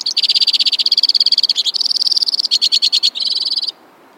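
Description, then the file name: White-winged crossbill singing a fast, continuous chattering trill that jumps between higher and lower pitch steps before stopping abruptly. "suara kicauan burung white-winged crossbill. omkicau"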